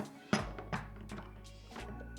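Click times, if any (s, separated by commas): none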